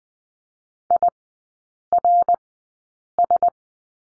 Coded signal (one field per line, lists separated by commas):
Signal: Morse code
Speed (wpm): 20 wpm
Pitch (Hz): 700 Hz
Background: none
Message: IRS